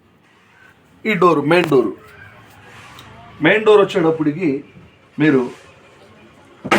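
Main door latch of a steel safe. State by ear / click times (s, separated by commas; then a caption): seated / 6.7 s. A man talks while the main steel door of a safe is swung shut. At 6.7 s a sharp latch click is heard as the door closes and locks, because simply closing the door locks it.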